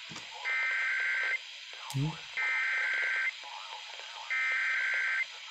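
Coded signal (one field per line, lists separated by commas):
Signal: Emergency Alert System (SAME) tones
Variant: header bursts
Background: speech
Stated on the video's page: Required Weekly Test recorded live, valid EAS tones.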